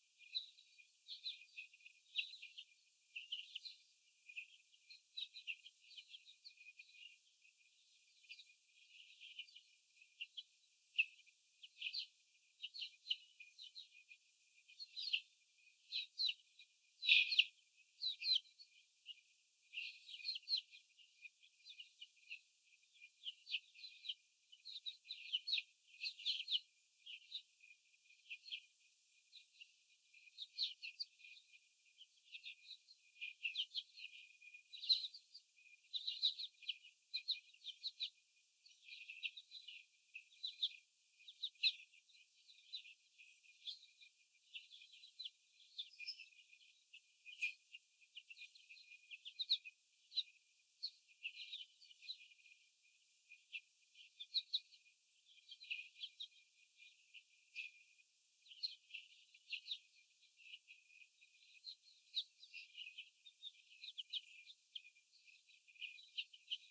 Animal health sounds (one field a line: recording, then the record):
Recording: young laying hens in a cage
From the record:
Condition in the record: after the stressor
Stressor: sudden umbrella opening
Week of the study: 3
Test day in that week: 2